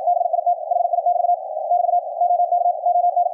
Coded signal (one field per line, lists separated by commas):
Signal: Morse code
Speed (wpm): 53 wpm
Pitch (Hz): 710 Hz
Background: radio noise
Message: BIT HI<BT> <BT> OK ON